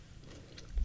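A brief, quiet, low rumble lasting under a second swells into a short gurgling burst at the end. These are an adult's stomach growling sounds (borborygmi), ordinary gut noises from gas and fluid moving through the digestive tract, picked up by a radio studio microphone during a live broadcast.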